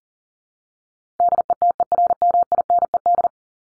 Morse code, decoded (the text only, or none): DETERMINED